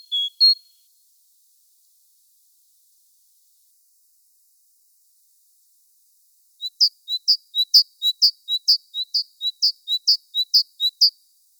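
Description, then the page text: Great tit song: a short double note at the start, a long silence, then a fast, even series of high, sharp notes lasting several seconds. "Большая синица - Синица"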